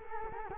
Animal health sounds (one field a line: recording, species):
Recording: mosquito wingbeat signal from an infrared sensor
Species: Culex quinquefasciatus